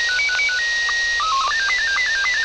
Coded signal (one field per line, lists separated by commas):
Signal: SSTV (slow-scan television)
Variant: Scottie 2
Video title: Quansheng UV-K5. How to scan the SSB CB Radio band. (Egzumer V.022)